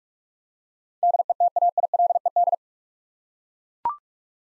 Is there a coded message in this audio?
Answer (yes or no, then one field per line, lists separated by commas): yes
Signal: Morse code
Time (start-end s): 1.0-2.5 s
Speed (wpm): 42 wpm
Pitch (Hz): 700 Hz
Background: none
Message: DETAILED